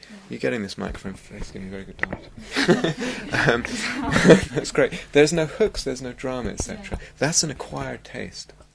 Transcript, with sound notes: Are you getting this, microphone? It's getting a very good Dharma talk. [laughs] It's great. There are no hooks, there's no drama, etc. That's an acquired taste.